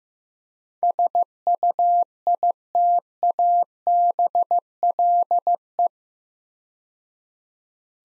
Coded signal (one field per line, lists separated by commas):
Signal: Morse code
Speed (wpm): 15 wpm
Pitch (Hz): 700 Hz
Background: none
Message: SUITABLE